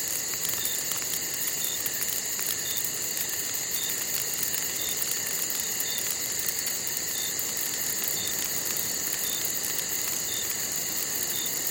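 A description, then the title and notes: Rain patters steadily through the woods in a dense, even hiss that never lets up. A short high chirp repeats about once a second throughout, over a constant thin, bright insect-like drone. NATURAL CAMPSITE AMBIENT FOREST SOUNDS. The combination of rain sounds and the sounds of the woods. The gentle patter of raindrops combined with the rustling of leaves, chirping of birds, and other forest sounds.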